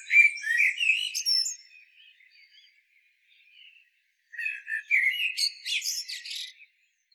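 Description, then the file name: Common blackbird song: a fluty warbled phrase ending in high squeaks, a pause, then a second similar phrase. "Turdus merula"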